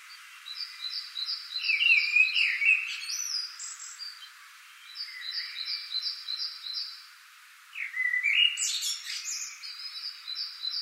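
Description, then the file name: Common blackbird singing low fluted warbling phrases around two and eight seconds, interleaved with rapid series of repeated high notes, with pauses between bursts. "Turdus merula"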